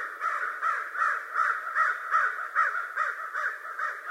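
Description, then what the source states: American crow calling in fast, rhythmic harsh caws, about ten short notes repeated steadily in quick succession. Recorded 25 November 2011.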